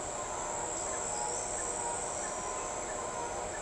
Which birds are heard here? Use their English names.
none